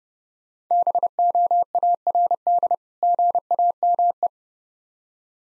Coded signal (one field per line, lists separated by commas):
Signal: Morse code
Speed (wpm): 30 wpm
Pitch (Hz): 700 Hz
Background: none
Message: BOARD GAME